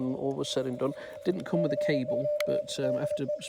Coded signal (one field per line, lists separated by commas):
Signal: Morse code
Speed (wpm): 26 wpm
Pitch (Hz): 600 Hz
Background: speech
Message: CQ DE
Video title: Xiegu X5105: A demonstration of the CW decode